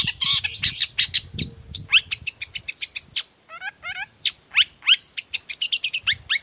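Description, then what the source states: Long-tailed shrike song: busy chatter of sharp clicks, rising slurs and harsh buzzes, several rapid phrases in quick succession. Morning song, used as a lure so that other shrikes of any kind reply quickly and open their beaks; varied sound with 'toet toet' notes.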